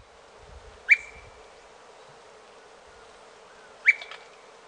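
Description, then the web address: Brown-crested flycatcher calls: two crisp whip notes, each trailing into a brief steady whistle, about three seconds apart. Recorded in Ecuador. "Birds of Ecuador. Brown-crested Flycatcher"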